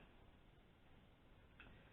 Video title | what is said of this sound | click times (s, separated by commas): Suspension Shock Air Can Service | they tend to click into that part of the shock, so you click them in, so | 1.6 s